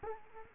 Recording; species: mosquito wingbeat signal from an infrared sensor; Culex quinquefasciatus